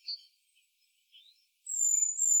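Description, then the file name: Great tit, a high, thin, level whistle sustained to the end, following soft twitters and a short rising chirp. "Parus major"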